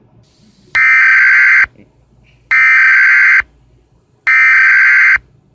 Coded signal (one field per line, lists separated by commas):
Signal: Emergency Alert System (SAME) tones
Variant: header bursts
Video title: Fire-Tor: An EAS Scenario - Inspired By ElectricFanatic's Meteor-X Scenario